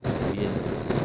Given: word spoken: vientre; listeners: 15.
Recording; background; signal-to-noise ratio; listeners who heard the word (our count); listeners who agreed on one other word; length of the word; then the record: one Spanish word in noise, from a listening test; noise modulated by three-talker babble; -6.5 dB; 1 of 15; 6 of 15; 0.65 s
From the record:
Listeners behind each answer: 6, 1, 1, 1, 1, 1, 1, 1, 1, 1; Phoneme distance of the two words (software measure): 17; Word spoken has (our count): 2 syllables, 7 phonemes, stress on syllable 1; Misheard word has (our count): 2 syllables, 6 phonemes, stress on syllable 1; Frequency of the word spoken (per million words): 22.28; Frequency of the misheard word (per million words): 62.88